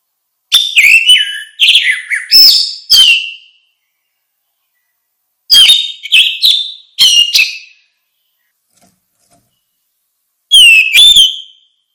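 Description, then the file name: Orange-headed thrush song in three spaced bursts of loud, varied whistles and harsher chattering notes, separated by quiet gaps of a few seconds. "suara kicau burung anis merah"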